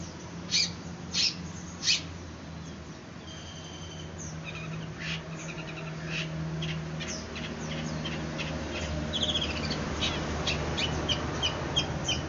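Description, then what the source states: Long-tailed shrike song opening with three loud harsh chirps, then a short whistled note and a varied run of quieter, scratchy high notes over low rumble. Song style named 'kombinasi' (combination).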